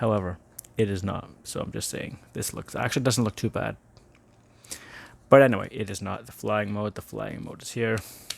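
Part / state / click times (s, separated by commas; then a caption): wing hinge of a plastic toy starfighter locking into its detent / not seated / none. Someone talks while handling the wings of a small plastic V-19 Torrent toy starfighter from Star Wars Micro Galaxy Squadron, moving the wing hinge toward its flying position, with a few faint handling ticks in a pause near the middle. Nothing has seated or clicked yet; the tab has not locked into its indent by the end of the clip.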